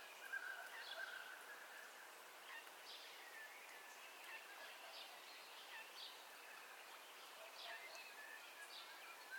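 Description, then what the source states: Birds: bird chorus at dawn with a brief warbled whistle early, followed by repeated short chirps and high twittering notes over light background noise. Dawn ambience of bird calls, recorded in stereo.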